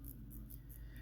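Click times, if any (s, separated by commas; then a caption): 0.1 s, 0.3 s, 0.5 s, 0.8 s. The screw-down crown on the steel case tube of an automatic wristwatch is backed off its threads so the watch can be hand-wound. A series of small, sharp ticks sounds at 0.1, 0.4, 0.5 and 0.8 seconds over a steady low hum. The crown is released from its threads.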